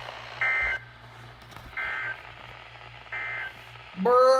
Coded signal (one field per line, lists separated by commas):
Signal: Emergency Alert System (SAME) tones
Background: speech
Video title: EAS Wonderland (2) Alerts from 7/2/22 (EAS #281 - 285)